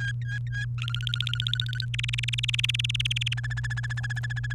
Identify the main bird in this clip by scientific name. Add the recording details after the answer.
Serinus canaria. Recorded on 29 April 2018 at 18:14. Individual llb3